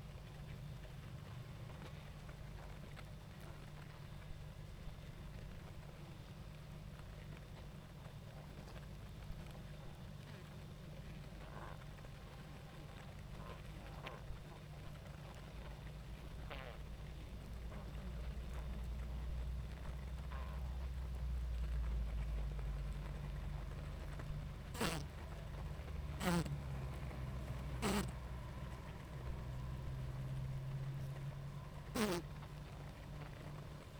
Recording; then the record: honeybee colony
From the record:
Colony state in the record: active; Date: 28 July 2017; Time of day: 19:55